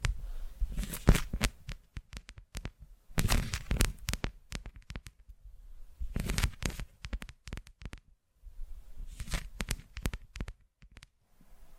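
Tapping in quick irregular bursts of sharp clicks and crackles, clustered into rapid runs separated by brief silences, with a soft low rumble underneath.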